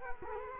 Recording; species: mosquito wingbeat signal from an infrared sensor; Culex quinquefasciatus